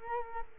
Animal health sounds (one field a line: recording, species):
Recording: mosquito wingbeat signal from an infrared sensor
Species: Culex quinquefasciatus